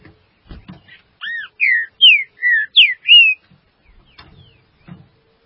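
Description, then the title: Green-winged saltator sings one clear phrase of six looping, downslurred whistles, framed by faint thumps and rustling. "Trinca Ferro"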